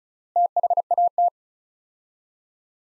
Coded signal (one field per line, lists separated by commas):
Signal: Morse code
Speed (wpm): 34 wpm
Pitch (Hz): 700 Hz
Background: none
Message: THAT